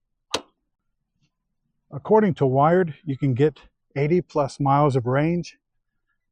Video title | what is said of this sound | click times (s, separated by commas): 2024+ Wired Cruiser - 1000 Mile Impressions Review | just get it up next to the Cradle give it a gentle push until you hear the click | 0.3 s